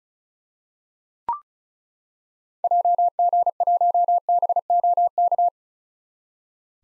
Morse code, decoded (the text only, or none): JG1BOK